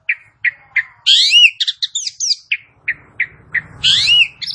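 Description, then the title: Asian pied starling song mixing repeated short harsh notes with bursts of loud, sweeping whistles and squeaky chatter, over faint low rumbling. "Bunyi Jalak Suren"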